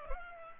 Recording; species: mosquito wingbeat signal from an infrared sensor; Culex pipiens